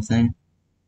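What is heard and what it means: A plastic part of a Revell 1/48 scale F4U-4 Corsair model kit is handled at its mounting on the model aircraft airframe while someone talks briefly. The speech fades out by about 0.35 seconds, leaving near silence. Nothing has seated or clicked yet.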